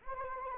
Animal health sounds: mosquito wingbeat signal from an infrared sensor; Anopheles arabiensis

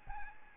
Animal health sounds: mosquito wingbeat signal from an infrared sensor; Aedes albopictus

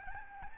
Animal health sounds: mosquito wingbeat signal from an infrared sensor; Aedes albopictus

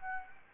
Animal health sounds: mosquito wingbeat signal from an infrared sensor; Anopheles gambiae

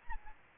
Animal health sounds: mosquito wingbeat signal from an infrared sensor; Aedes albopictus

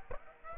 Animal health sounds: mosquito wingbeat signal from an infrared sensor; Aedes aegypti

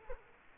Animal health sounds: mosquito wingbeat signal from an infrared sensor; Culex quinquefasciatus

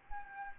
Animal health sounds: mosquito wingbeat signal from an infrared sensor; Aedes albopictus

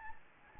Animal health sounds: mosquito wingbeat signal from an infrared sensor; Anopheles gambiae

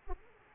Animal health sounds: mosquito wingbeat signal from an infrared sensor; Aedes aegypti

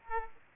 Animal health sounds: mosquito wingbeat signal from an infrared sensor; Aedes aegypti

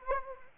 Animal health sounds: mosquito wingbeat signal from an infrared sensor; Anopheles arabiensis

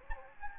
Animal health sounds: mosquito wingbeat signal from an infrared sensor; Anopheles gambiae

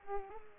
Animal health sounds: mosquito wingbeat signal from an infrared sensor; Culex pipiens

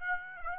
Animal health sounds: mosquito wingbeat signal from an infrared sensor; Aedes aegypti

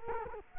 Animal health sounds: mosquito wingbeat signal from an infrared sensor; Culex quinquefasciatus

